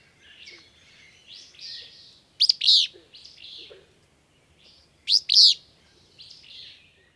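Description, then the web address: Willow Flycatcher song: a sharp, sneezy two-part burry phrase given twice, about three seconds apart, with softer high buzzy notes between phrases and a quiet background. Western North America. "Know Your Bird Sounds Common Western Species 21 a-Willow Flycatcher"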